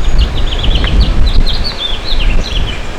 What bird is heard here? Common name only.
House Finch